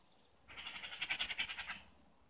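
Bird giving a buzzy, rapidly pulsed call of many beats lasting over a second, with a faint low background hum.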